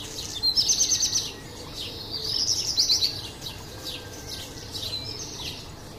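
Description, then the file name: Black Redstart song: two fast, high, buzzy trilled phrases about a second apart, followed by soft scratchy notes, against a continuous low hiss. "Codirosso Spazzacamino"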